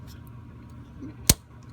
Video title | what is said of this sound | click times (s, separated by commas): Changing a front turn signal 2012 Caravan | there it is that click there you do the exact opposite of what you did | 1.3 s